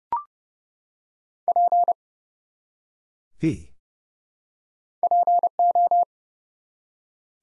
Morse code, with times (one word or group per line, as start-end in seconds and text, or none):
1.5-1.9 P
5.0-6.0 PO